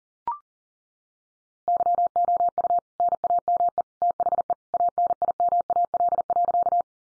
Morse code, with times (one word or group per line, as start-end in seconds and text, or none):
1.7-2.8 YOU
3.0-3.8 NAME
4.0-4.5 THE
4.7-6.8 ANIMAL.